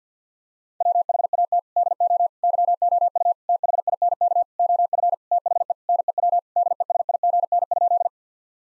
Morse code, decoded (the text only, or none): WHAT DO YOU THINK OF THE NEW DESIGN?